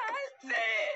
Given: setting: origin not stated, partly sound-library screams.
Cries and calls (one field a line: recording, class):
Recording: one-second piece from a danger detection set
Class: woman in danger